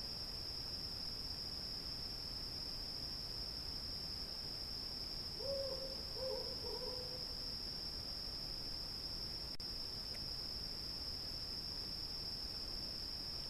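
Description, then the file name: Owl call: a quick series of three low, hollow hoots near the middle, with insects droning steadily and high throughout. Owl calling against a background of cicadas. "krik sovi na fone cikad"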